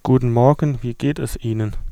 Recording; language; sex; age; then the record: spoken sentence; German; male; 20 to 29 years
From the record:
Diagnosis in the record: stuttering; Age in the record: 28 years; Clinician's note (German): Strobosk. o. B.